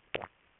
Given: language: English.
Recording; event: throat vibration sensor signal played as sound; swallow